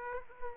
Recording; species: mosquito wingbeat signal from an infrared sensor; Culex pipiens